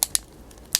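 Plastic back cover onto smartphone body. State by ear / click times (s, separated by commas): seated / 0.0 s, 0.2 s, 0.8 s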